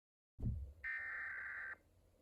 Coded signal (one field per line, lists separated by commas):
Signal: Emergency Alert System (SAME) tones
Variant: header bursts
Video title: A Normal Day | EAS #24-34